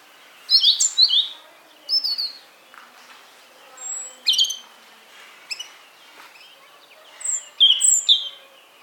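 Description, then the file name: European robin song, several short varied phrases of high, sweet, tumbling notes and thin whistles, separated by brief pauses. "Erithacus rubecula"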